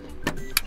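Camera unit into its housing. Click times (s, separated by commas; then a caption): 0.6 s. The plastic camera unit of an Arlo Pro 4 security camera is closed back into its housing until it lays flat. A duller knock comes at about 0.3 s, then a loud, sharp click at 0.6 s as the housing snaps shut and the unit seats.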